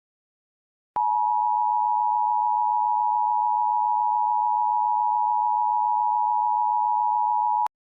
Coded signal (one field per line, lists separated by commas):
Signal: Emergency Alert System (SAME) tones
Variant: 853 and 960 Hz attention tone